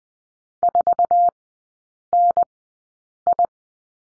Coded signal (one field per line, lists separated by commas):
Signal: Morse code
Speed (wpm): 20 wpm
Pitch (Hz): 700 Hz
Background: none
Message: 4NI